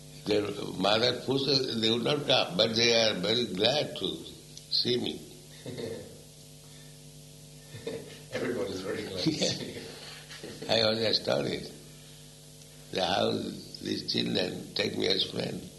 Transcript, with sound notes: Their mother pushes, they would not come, but they were very glad to see me.
Everybody's very glad to see you. [laughs]
I was astonished, that how these children take me as friend.